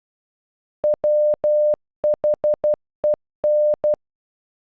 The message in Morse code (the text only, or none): WHEN